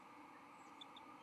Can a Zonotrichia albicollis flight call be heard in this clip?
no